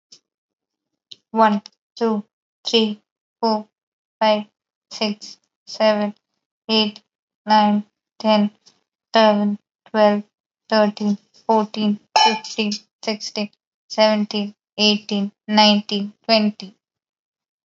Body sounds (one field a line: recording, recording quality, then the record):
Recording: counting at a normal pace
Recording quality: excellent, no background noise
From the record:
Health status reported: healthy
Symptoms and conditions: none ticked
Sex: female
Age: 27 years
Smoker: not ticked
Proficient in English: yes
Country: India